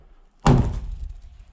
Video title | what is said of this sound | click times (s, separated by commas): 2023 Nissan Frontier Pro-4x Tonneau Cover Install & Review *Bison Soft Tri-Fold* | And she's locked down, just like that. | 0.5 s